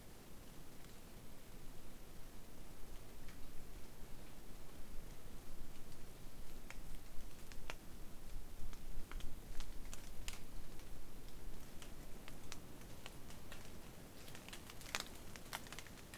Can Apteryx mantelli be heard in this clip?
no